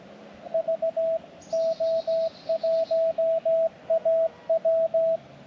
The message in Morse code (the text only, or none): VO1AW